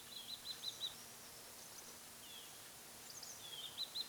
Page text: Chestnut-Headed Tesia Song - Quick Sounds